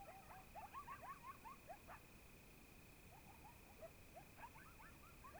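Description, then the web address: Coyotes howling and yipping, several wavering rising notes overlapping in short bursts, with a steady high hum running beneath throughout. Several coyotes, Oregon, 2015. "Discover Oregon - Coyotes Coyotes 2015 Medlock Loudest Quiet Coyotes"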